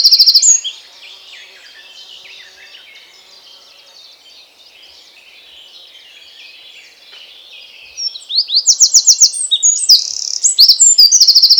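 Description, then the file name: Eurasian wren song: a loud burst of high notes opens, then a long stretch of faint twittering, before a loud, rapid run of high trilled notes in the final few seconds. "Troglodytes troglodytes"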